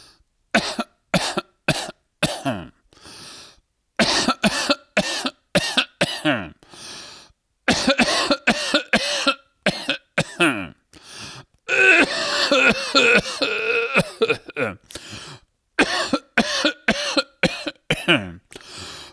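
An adult coughing repeatedly: a long series of short, sharp cough bursts, with a longer run of continuous coughing midway.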